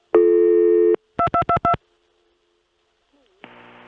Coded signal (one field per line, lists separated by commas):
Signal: DTMF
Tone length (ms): 90 ms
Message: 2222